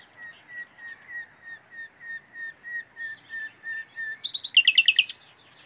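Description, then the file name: Common nightingale singing: a steady series of soft whistled notes on one pitch, then a fast, loud, rattling burst of high notes. "Luscinia megarhynchos"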